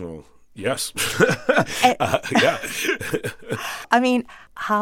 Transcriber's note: laughter